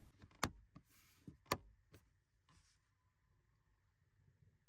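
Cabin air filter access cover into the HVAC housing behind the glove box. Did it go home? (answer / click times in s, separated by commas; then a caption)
yes / 0.4 s, 1.5 s. The hinged plastic cabin air filter access cover on a Chevy Equinox is swung down and pushed into place on the HVAC housing behind the glove box. Two sharp snaps are heard at 0.4 s and 1.5 s as it clicks in, with softer taps and faint rustling around them. The cover is seated and snapped shut.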